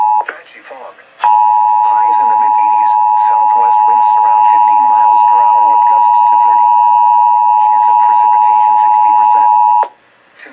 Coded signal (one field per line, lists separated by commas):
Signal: Emergency Alert System (SAME) tones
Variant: 853 and 960 Hz attention tone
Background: speech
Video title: National EAS Test on 107.5 WCCW-FM